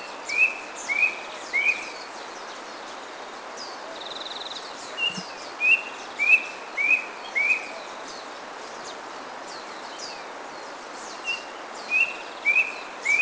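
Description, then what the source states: Brush cuckoo giving a series of brief upslurred whistles, repeated roughly every half second in several runs, against constant background hiss and faint higher twitters. Recorded on Kitanglad, Philippines, in 2010.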